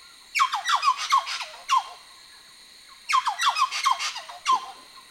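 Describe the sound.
White-naped friarbird giving two loud bouts of raucous, grating notes that drop in pitch, separated by a short pause.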